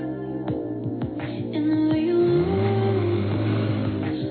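A powerful 500-horsepower car engine revs in several quick bursts, its pitch climbing and dropping with each one, then settles into a loud, steady, throbbing roar with no voices.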